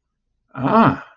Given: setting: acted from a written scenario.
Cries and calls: vocal sound without words; romantic love

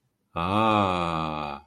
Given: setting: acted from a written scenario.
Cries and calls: vocal sound without words; awe

